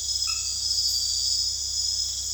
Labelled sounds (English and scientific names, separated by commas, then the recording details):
none
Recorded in dense forest near Puerto Asís, Putumayo, Colombia, on 19 February 2024 at 00:30
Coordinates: 0.485, -76.322
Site G6406